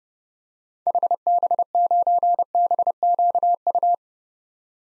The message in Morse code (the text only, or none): HB9BQU